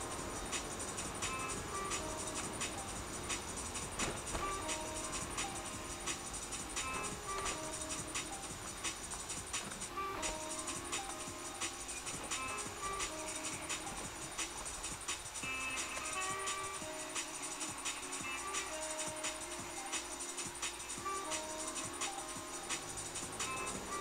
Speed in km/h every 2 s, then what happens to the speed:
33, 30, 22, 20, 16, 11, 12, 11, 1, 0, 0, 0.
0-15 slows to 1. 15-22 standing.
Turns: none.